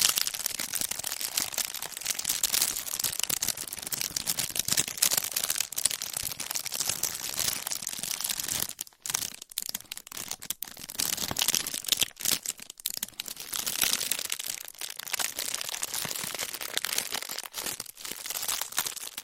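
Textured candles being scratched and tapped, making a dense, crinkly, papery rustle that runs almost without pause. The bright scratching stays busy and fairly even, broken by a few short gaps of near silence around nine, twelve and seventeen seconds.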